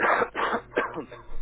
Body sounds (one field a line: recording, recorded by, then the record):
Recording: voluntary cough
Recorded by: telephone call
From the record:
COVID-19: positive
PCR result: checked with the laboratory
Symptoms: no